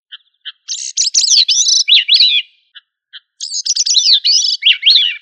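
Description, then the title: Thrush giving two rich, warbling song phrases, each introduced by a couple of quiet short notes, with clear slurred whistles falling at the end. "Familia Turdidae - Sabia"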